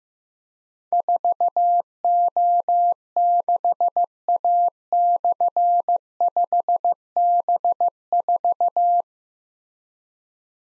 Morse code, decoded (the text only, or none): 4O6A/5B4